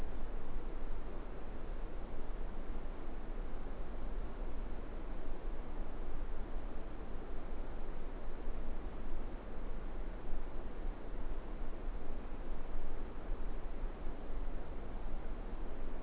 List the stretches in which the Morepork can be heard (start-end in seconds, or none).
none